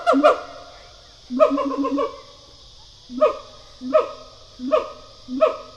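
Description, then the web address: Siamang pair calling: loud, harmonic barking whoops in bursts, the first ones long and rapid, then shorter single barks repeated about every 0.7 seconds. Pair call given by a siamang pair. "Sound Effects-Foundation Animal Gibbon Siamang pair call"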